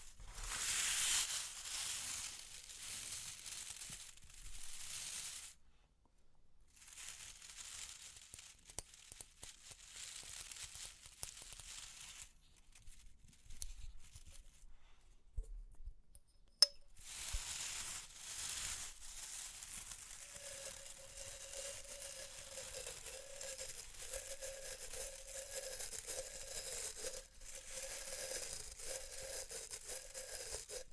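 Experimental triggers in test tubes: crisp crinkling and tearing sounds come in bursts, with a hiss that rises and falls. A few seconds of near silence around six seconds and again near fifteen, then a sharp click. Later, a faint steady tone hums beneath the crackle.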